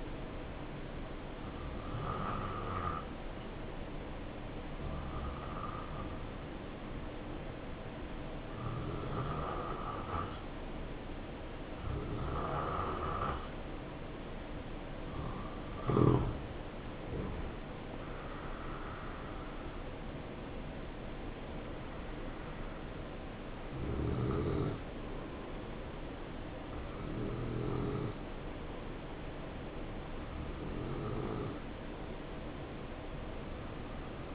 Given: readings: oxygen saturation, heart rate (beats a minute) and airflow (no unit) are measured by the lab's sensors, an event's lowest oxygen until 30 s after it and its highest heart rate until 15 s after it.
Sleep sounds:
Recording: breathing in sleep by a voice recorder at the bedside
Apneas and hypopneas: none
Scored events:
none scored
From the record:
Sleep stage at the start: N2 (light sleep)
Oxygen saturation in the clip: 86 to 88%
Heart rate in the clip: 64 to 74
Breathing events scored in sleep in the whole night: 277 in 7.4 hours asleep

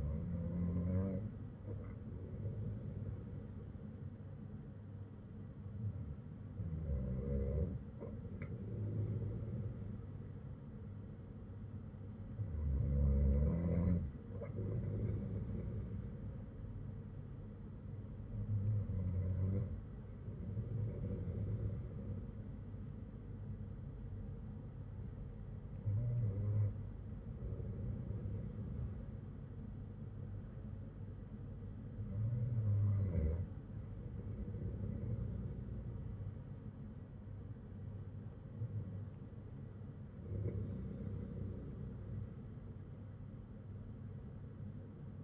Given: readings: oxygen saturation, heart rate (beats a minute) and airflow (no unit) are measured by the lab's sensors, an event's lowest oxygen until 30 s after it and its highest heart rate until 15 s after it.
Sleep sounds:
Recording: breathing in sleep by a smartphone at the bedside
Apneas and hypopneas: none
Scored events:
none scored
From the record:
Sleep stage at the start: N2 (light sleep)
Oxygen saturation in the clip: 95 to 96%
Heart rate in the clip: 54 to 58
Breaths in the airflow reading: 7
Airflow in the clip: -7.4 to 5.1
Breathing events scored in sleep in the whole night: 182 in 7.4 hours asleep

